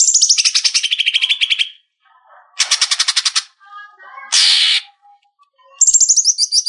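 Leafbird song of rapid chattering trills and falling whistles, broken by pauses, softer lower notes and a harsh burst, ending in a bright repeated phrase.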